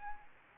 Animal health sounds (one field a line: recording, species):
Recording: mosquito wingbeat signal from an infrared sensor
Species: Anopheles arabiensis